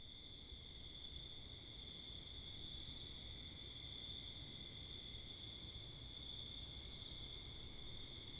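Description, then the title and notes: Crickets calling in an unbroken high chorus, a flat ringing trill, with low-pitched traffic and wind noise below. Crickets with cars and wind, Wakefield, Rhode Island, 10 October 2021, 11:35pm at night; recorded facing northeast with two Rode NTG-3 shotgun mics on a Sound Devices MixPre 10ii. "Oct 10th 2021 11:35pm Wakefield, Rhode Island. Crickets, Cars, and Wind"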